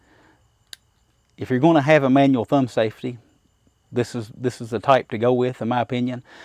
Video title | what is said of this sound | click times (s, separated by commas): Smith & Wesson M&P Shield Performance Center ~ | this one's well-made it's not going to move on its own locks into place very positive if | 0.7 s